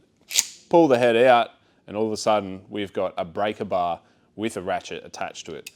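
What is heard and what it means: A metal ratchet head on a combination breaker bar handle is pushed down into position and snaps into place with a sharp metallic click at 0.4 s. Someone then talks as the head is pulled out, turning it into a breaker bar with a ratchet attached.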